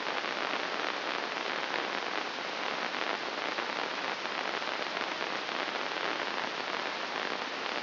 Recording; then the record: brain microelectrode recording played as sound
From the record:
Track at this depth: inside the subthalamic nucleus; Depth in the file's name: 3.62 mm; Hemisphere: left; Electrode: 2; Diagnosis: Parkinson's disease